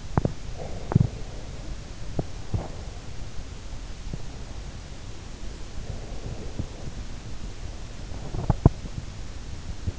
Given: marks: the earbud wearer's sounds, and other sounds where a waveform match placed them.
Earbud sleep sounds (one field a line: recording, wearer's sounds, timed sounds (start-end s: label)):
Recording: sounds in sleep by an in-ear microphone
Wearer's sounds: teeth grinding, breath, body movement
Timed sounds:
0.00-2.92 s: teeth grinding
0.58-3.22 s: breath
3.90-4.45 s: teeth grinding
5.69-9.06 s: breath
7.67-9.99 s: body movement